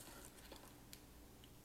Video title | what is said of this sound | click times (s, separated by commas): Unboxing: FLOUREON 4CH DVR Security System | goes in like that and actually locks into place so it can't come undone handy | 0.9 s